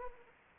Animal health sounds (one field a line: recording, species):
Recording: mosquito wingbeat signal from an infrared sensor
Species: Anopheles arabiensis